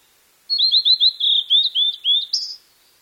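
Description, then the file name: Blue-and-white flycatcher song: a two-second phrase of clear, slurred, downward whistles in quick series, ending on a higher, buzzier note, in a quiet background. "ooruri"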